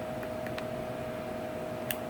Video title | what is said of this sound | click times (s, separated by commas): Lenovo t560 upgrade RAM | Click noise. Okay? | 1.9 s